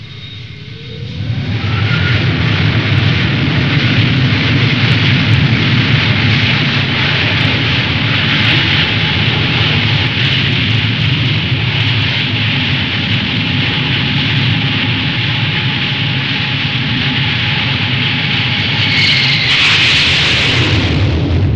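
A heavy roar bursts in after a brief quiet and holds loud and steady, a dense rumbling blast of a hijacked American commercial airliner slamming into a World Trade Center tower and exploding, with no voices.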